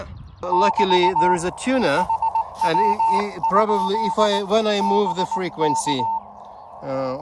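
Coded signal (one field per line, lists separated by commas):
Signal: Morse code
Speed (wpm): 20 wpm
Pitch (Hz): 900 Hz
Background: speech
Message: <BT> HW? BK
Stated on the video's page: Outdoor portable operation using an Elecraft KX2 with a mini Buddistick coil, short telescoping whip and pocket tripod.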